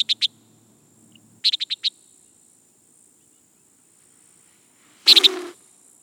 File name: Antillean Nighthawk